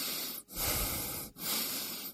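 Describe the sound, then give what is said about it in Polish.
Someone breathes in and out heavily in a steady rhythm on spoken instructions to breathe and stop breathing, each broad, airy breath separated by a brief pause, with a slightly raspy, wheezy edge. “Proszę oddychać.”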